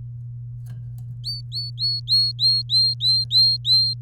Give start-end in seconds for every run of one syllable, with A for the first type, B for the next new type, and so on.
1.24-3.94 A